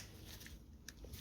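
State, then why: Seated. A plastic wiring connector from an aftermarket kit is pushed onto the back of a dash switch and clicks into place at 0.9 s. The result is a good, seated connection. The click is a short, sharp snap over a quiet background, with a softer bump shortly after.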